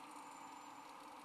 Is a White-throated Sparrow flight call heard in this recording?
no